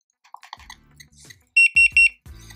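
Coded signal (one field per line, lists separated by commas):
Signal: beep code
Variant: Boosted Board remote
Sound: a few soft clicks, then three loud short high beeps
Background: button clicks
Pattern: 3 short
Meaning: Board switched to mode 3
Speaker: you click this button three times it'll give you three beeps and it'll start beeping three times see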